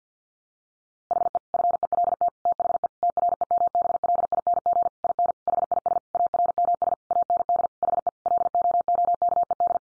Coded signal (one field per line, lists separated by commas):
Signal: Morse code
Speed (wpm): 50 wpm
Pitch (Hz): 700 Hz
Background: none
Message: HE FELT THE TREMBLING IN HIS ARMS AND HE LOOKED